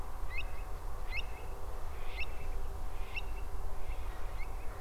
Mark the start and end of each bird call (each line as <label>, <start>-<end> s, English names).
Eurasian Stone-curlew, 0.29-0.44 s
Eurasian Stone-curlew, 1.10-1.23 s
Eurasian Stone-curlew, 2.15-2.26 s
Eurasian Stone-curlew, 3.13-3.22 s
Eurasian Stone-curlew, 4.36-4.47 s